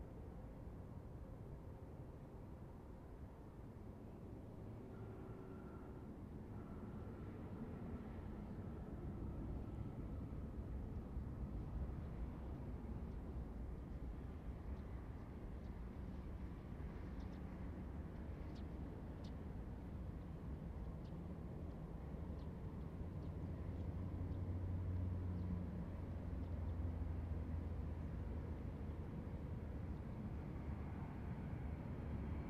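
An airplane comes in on approach to runway 14, its low roar building steadily and peaking around 25 seconds. A faint whine drifts over the rumble early on, and brief light ticks sound between about 15 and 22 seconds.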